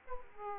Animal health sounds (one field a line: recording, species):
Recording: mosquito wingbeat signal from an infrared sensor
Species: Aedes aegypti